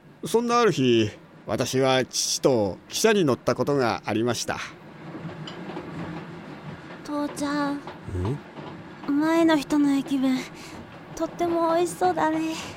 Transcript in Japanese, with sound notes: そんなある日、私は父と汽車に乗ったことがありました。 （汽車の走る音） （当時の幼い声） 父ちゃん、前の人の駅弁、とってもおいしそうだね。